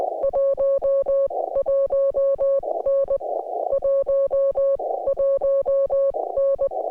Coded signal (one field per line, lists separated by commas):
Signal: Morse code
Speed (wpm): 20 wpm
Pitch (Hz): 1100 Hz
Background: music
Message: 11N 11N